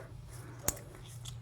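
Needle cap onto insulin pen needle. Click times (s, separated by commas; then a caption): 0.7 s. After an injection, the protective plastic cap is pushed back onto an insulin pen needle, giving one sharp snap at 0.7 s over low background hum. The cap is seated back on the needle.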